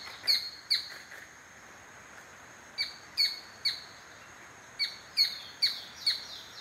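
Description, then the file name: Lineated foliage-gleaner song: sharp, high, clipped notes in small irregular clusters with gaps of a second or two, over a faint steady hiss. "Canto do limpa folha riscado"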